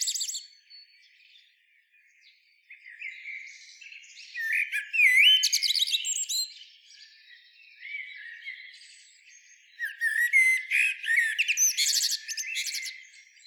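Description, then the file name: Common blackbird singing two main phrases of whistled notes mixed with shrill twitters, separated by a long quieter stretch of soft notes. "Turdus merula"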